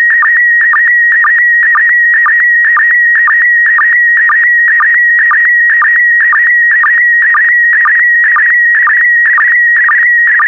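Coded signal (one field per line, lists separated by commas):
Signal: SSTV (slow-scan television)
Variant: PD120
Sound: steady high warbling tone broken by short low blips about twice a second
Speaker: 5, 4, 3, 2, 1. Thank you. Transmission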